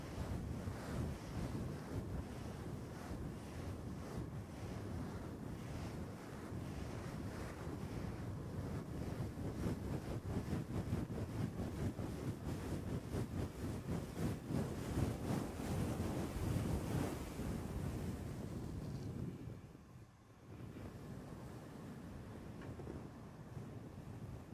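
Scratching and rubbing directly on the microphone make a dense, continuous rough scraping with a heavy low rumble, fast irregular strokes packed closely together. The texture holds steady for most of the clip, with a brief drop in loudness around twenty seconds before the scratching resumes.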